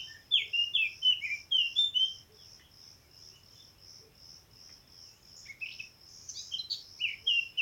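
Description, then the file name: Eurasian blackcap song: two bursts of rich, fluty warbled phrases, over a steady pulsing insect trill that runs throughout. "Sylvia atricapilla"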